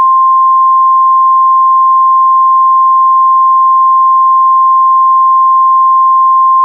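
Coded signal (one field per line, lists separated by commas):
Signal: Emergency Alert System (SAME) tones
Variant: 1050 Hz attention tone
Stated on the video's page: Fictional EAS alert tones in an analog horror scenario.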